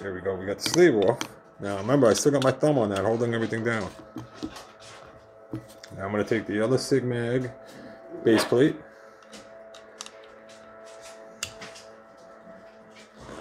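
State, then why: Seated. Someone talks while sliding a Sig magazine baseplate back onto a P365 pistol magazine body, part of swapping a P365 grip to a P365 XL grip, with a thumb holding everything down. After a few faint handling taps, a sharp click at 11.4 s marks the baseplate locking back in place.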